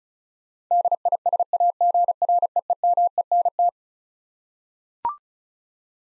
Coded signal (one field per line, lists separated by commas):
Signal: Morse code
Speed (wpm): 36 wpm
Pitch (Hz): 700 Hz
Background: none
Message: DISAGREEMENT